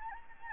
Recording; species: mosquito wingbeat signal from an infrared sensor; Anopheles gambiae